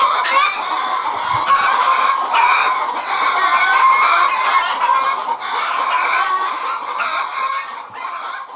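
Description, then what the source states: Chickens in a continuous agitated chorus of cackles and squawks, rapid overlapping calls fading slightly near the end. Several chickens, described as hysterical.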